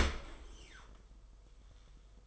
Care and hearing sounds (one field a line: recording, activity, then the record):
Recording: daily activity, microphone in the room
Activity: open dishwasher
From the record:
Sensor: 5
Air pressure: 990.6 hPa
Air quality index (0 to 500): 161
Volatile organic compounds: 258 ppm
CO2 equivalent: 4382 ppm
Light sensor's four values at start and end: 36/110/43/45 and 36/112/43/46